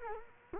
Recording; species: mosquito wingbeat signal from an infrared sensor; Culex quinquefasciatus